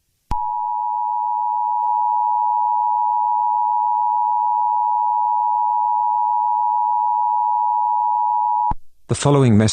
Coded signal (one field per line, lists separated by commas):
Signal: Emergency Alert System (SAME) tones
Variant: 853 and 960 Hz attention tone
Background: speech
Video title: EAS Scenario #5: Laughing Jack Rampage of London.